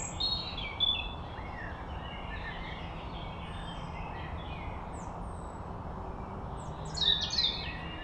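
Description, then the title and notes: European robin song, thin high warbled phrases and sharp sweeping notes at the start and end, over a steady low rumble of traffic. Robin singing in the foreground by a woodland path at Les Corbières, Pugny-Chatenod, Savoie, France, on Mont Revard's slopes; constant A41 motorway traffic a few kilometres away. "Les Corbières, Pugny-Chatenod, Savoie, Auvergne-Rhône-Alpes, France métropolitaine, 73100, France - rouge_gorge. Au bord du chemin dans les bois , le chant d'un rouge-gorge au premier plan , quelques merles alentour et en fond les bruits permanents de la circulation sur l'autoroute A41 à quelques Km, c'est le lot d'une grande partie des pentes du Mont Revard "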